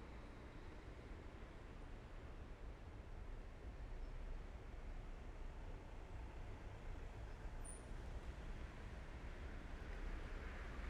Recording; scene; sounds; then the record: everyday scene through a hearing-aid microphone; in traffic; traffic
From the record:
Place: main road on the outskirts, rush hour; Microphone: behind the ear, left, rear